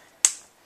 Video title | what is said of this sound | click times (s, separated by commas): Unboxing: TouchEZ - Keypad Flip Case for iPad 2 | You'll hear a little click. | 0.2 s